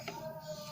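After sealing finishes, the lid lock of a plastic Sinbo DZ vacuum sealer is pressed again to release it and open the lid. A single short click of the lid latch is heard at 0.1 s, and the latch releases so the lid opens.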